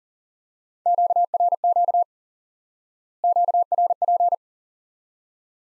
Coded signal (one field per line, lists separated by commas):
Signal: Morse code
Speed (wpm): 40 wpm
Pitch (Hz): 700 Hz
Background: none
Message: QRQ QRP